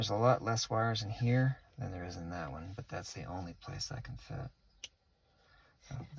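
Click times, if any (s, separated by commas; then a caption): 4.8 s. Someone talks while a plastic harness connector for a Navtool install is pushed into a tight spot in the dash wiring socket of a 2010-2014 Cadillac CTS. A sharp click is heard at 4.8 s as the connector seats, followed by near silence. The connector clicks into place.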